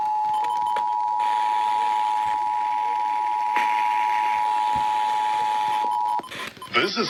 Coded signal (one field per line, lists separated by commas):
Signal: Emergency Alert System (SAME) tones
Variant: 853 and 960 Hz attention tone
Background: speech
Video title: Fredericksburg RMT June 2021(EAS 1,138-1,149)